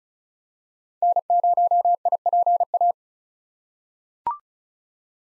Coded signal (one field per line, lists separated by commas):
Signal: Morse code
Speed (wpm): 36 wpm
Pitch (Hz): 700 Hz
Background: none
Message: N0IPA